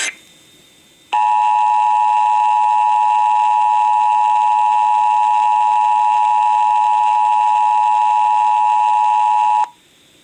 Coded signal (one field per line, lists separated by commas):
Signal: Emergency Alert System (SAME) tones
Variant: 853 and 960 Hz attention tone